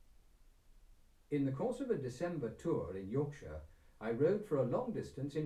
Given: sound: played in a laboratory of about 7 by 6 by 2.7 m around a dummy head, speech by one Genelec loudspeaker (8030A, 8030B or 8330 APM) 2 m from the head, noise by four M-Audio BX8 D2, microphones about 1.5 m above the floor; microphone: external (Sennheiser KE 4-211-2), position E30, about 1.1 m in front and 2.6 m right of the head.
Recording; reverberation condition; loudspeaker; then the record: male speech in English; low; 60 degrees to the left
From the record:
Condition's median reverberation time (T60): about 310 ms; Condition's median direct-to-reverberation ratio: about 3.5 dB